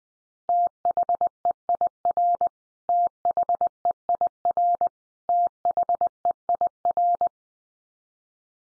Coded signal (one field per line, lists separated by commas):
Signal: Morse code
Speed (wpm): 20 wpm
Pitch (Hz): 700 Hz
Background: none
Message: THEIR THEIR THEIR